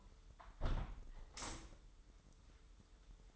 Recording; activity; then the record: daily activity, microphone in the room; close window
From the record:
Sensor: 3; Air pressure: 995.7 hPa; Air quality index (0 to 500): 97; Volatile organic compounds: 13 ppm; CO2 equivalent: 2418 ppm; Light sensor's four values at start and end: 27/82/34/30 and 27/82/34/30